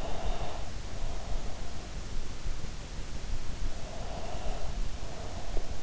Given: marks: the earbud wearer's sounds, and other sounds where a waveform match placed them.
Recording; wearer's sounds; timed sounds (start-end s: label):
sounds in sleep by an in-ear microphone; breath
0.00-1.44 s: breath
3.88-5.77 s: breath